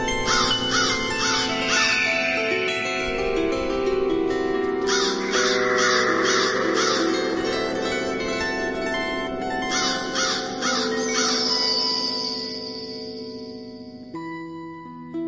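A crow caws over and over in harsh, rasping bursts, loud and steady at first, then the calls thin out and fade toward the end. No one speaks.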